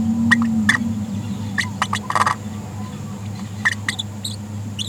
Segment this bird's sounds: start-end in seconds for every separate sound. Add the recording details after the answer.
0.31-0.37, 0.44-0.47, 0.69-0.76, 1.58-1.66, 1.81-1.87, 1.95-1.99, 3.65-3.70, 3.98-4.02, 4.24-4.29, 4.78-4.83. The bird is a female. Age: 30 days. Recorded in a nest box in Venezuela. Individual 17B73B2